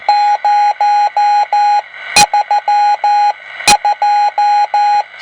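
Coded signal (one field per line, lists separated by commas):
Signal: Morse code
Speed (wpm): 14 wpm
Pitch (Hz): 830 Hz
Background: none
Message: 032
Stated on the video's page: Morse heard on a home-built single-conversion superhet receiver for the 7 MHz amateur band, optimised for Morse reception.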